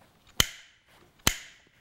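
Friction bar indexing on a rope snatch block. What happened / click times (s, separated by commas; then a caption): Two sharp clicks as the part indexes into position / 0.4 s, 1.3 s. A rope is wrapped around the friction bar of a rope snatch block, and the indexing friction bar gives two sharp metallic clicks at 0.4 and 1.3 seconds. The two clicks make one wrap, and the friction bar is seated.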